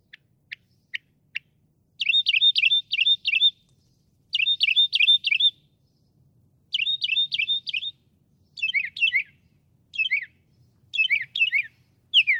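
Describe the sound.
Northern mockingbird song: a few sharp ticks, then a wavering chirpy phrase repeated in groups, later shifting to descending slurred notes repeated several times.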